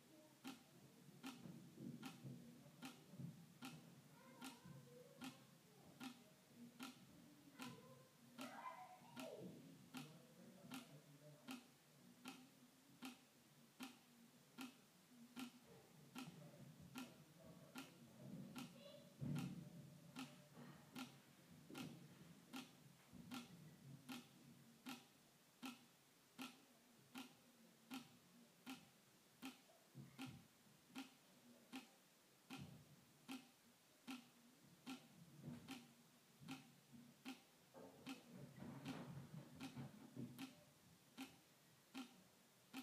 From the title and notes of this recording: ASMR Water Dripping onto Plastic.